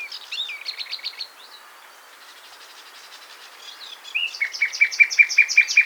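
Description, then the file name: Common nightingale song: a stuttering series of notes, a quieter stretch of a few seconds, then a loud fast run of repeated notes building to the end. "Luscinia megarhynchos"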